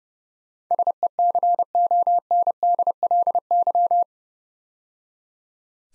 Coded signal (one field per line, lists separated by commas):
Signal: Morse code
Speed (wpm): 30 wpm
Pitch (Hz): 700 Hz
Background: none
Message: SECONDLY